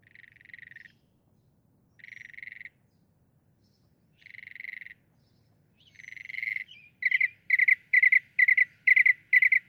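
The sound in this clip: Northern mockingbird song: long buzzy, raspy phrases separated by pauses, then a fast series of short, clear repeated notes.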